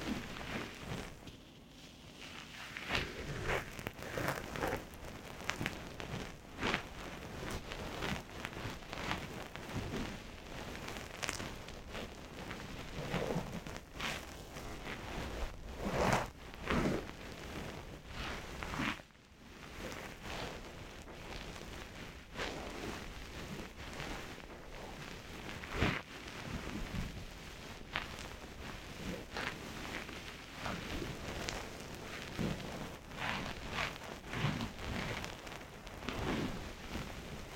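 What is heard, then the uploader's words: Ear-cleaning sounds: dense crackling, scratching and rustling that resembles rain on a surface, running almost without pause. Louder scrapes and pops stand out every few seconds, and there is a brief near-silent gap just after 19 seconds. 刺痛的深層掏耳 | DEEP Inner Ear Cleaning | NO Talking.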